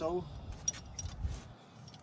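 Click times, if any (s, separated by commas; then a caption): 0.7 s, 1.0 s. Coiled safety cables from a motorhome, crossed under a Blue Ox tow bar, have their metal spring hooks clipped onto the towed car's attachment points while someone talks. Sharp metallic clicks at 0.7 s and 1.0 s mark the hooks seating, with lighter metallic rattles around them. The hooks are seated in place.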